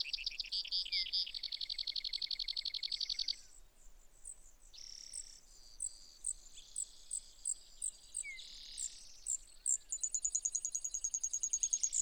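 Brewer's sparrow song opening with a rapid buzzy trill, then after a brief gap resuming with varied high trills and chips that run on to the end.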